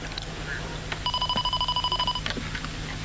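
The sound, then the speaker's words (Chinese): A telephone rings with a rapid, pulsing electronic trill of steady high tones, repeating about a dozen times in a bright burst lasting just over a second. “古兰桑逊接电话的样子神神秘秘的，还说着西班牙语。”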